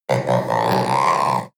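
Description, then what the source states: Panther giving one deep, rough growl lasting just over a second, steady and harsh from start to finish. Young animal; deep, short growl.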